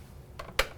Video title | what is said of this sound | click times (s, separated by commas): Ninja Creami vs Pacojet: Which Ice Cream Reigns Supreme. WTF - Ep. 295 | you know it slides up it locks in there's a little button that when it's done you hit it and | 0.6 s